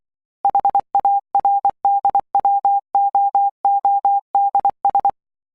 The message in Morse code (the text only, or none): HARDWOODS